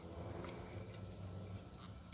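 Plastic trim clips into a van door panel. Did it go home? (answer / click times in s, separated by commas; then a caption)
no / none. Plastic trim clips are pushed back into place on the door panel of a 2004 Astro van over a steady low hum, with a soft tap near 0.4 s and a brief sharp tick near 2.1 s. None of the clips have snapped into place yet.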